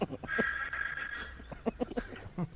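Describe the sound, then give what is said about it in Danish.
A pig squeals in a high, strained, drawn-out cry lasting about a second, followed by a run of short, rough grunting bursts at an uneven rhythm. “Det er selvfølgelig en gris.”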